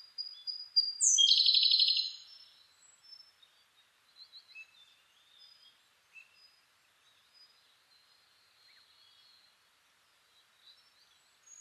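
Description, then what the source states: Siberian blue robin song: high thin notes lead into a loud, rattling trill, then a run of faint, scattered, high chips. Recorded 2 June 2010 at 08:36.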